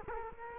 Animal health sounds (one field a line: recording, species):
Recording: mosquito wingbeat signal from an infrared sensor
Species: Culex quinquefasciatus